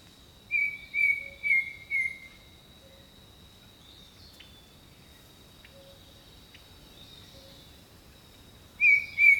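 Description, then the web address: Bird song: four clear high whistled notes repeated about every half second, a long pause with faint soft notes, then another loud whistle at the end, over a steady high drone. Birdong. "Echoes of Nature - Jungle Talk Jungle Birdsong"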